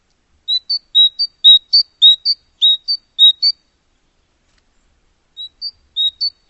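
Bird calling with quick high chirps in pairs, a lower note answered by a higher one, repeated several times, a pause, then a few more.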